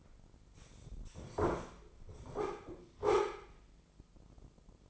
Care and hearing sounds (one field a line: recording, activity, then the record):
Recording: daily activity, microphone in the room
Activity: sit down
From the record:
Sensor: 5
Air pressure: 996.1 hPa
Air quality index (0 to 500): 246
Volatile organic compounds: 485 ppm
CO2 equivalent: 4800 ppm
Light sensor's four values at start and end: 171/409/173/189 and 171/408/173/189